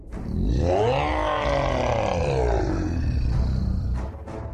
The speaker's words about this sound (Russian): Из ее горла вырвался дьявольский рык, способный своим напором сметать города.